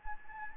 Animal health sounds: mosquito wingbeat signal from an infrared sensor; Anopheles gambiae

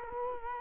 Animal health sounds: mosquito wingbeat signal from an infrared sensor; Culex quinquefasciatus

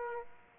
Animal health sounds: mosquito wingbeat signal from an infrared sensor; Aedes aegypti

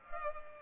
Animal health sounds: mosquito wingbeat signal from an infrared sensor; Culex pipiens

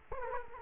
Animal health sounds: mosquito wingbeat signal from an infrared sensor; Culex quinquefasciatus

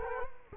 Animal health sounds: mosquito wingbeat signal from an infrared sensor; Culex quinquefasciatus

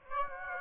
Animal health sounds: mosquito wingbeat signal from an infrared sensor; Aedes aegypti

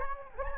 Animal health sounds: mosquito wingbeat signal from an infrared sensor; Anopheles gambiae

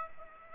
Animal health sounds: mosquito wingbeat signal from an infrared sensor; Aedes aegypti

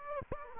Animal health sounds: mosquito wingbeat signal from an infrared sensor; Aedes aegypti

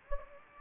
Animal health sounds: mosquito wingbeat signal from an infrared sensor; Anopheles gambiae

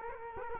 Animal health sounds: mosquito wingbeat signal from an infrared sensor; Culex quinquefasciatus

